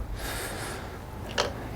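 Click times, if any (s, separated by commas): 1.3 s, 1.4 s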